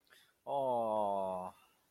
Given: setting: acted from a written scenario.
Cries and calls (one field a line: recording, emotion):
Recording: vocal sound without words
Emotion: adoration